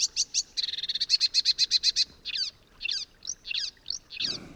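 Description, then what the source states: Marsh Warbler singing loudly: a rapid string of repeated ringing notes, then twisting varied phrases, ending with a brief noisy burst. Male singing at night to attract a female, 3:38 am by moonlight in a small willow in a meadow pasture, Vercors, France, 28 May 2020; recently arrived; Nagra Seven, MKH40.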